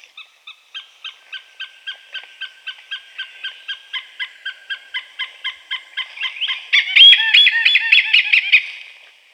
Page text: Oriental Pied Hornbill Call. Quick Sounds library